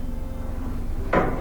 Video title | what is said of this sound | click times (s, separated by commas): ✨ WHIRLPOOL GAS DRYER NOT DRYING - Fast Easy FIX ✨ | put that on as far as it'll go until it basically until it clicks | 1.1 s